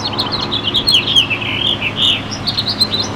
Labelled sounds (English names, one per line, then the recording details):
House Finch song
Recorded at Moriches on Long Island, New York, on 22 June 2013
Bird B